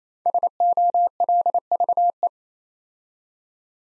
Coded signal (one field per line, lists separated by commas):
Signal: Morse code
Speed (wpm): 27 wpm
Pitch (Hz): 700 Hz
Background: none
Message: SOLVE